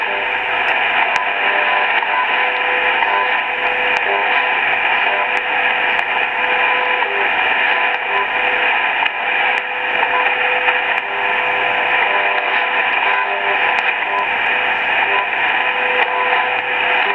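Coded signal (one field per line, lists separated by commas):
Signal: radio time signal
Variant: BPM and WWV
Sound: loud shortwave hiss with faint second ticks and brief 1 kHz tone pulses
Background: radio static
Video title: 10000 kHz - BPM Time Signal (Pucheng, China) + WWV Time Signal (Fort Collins, USA)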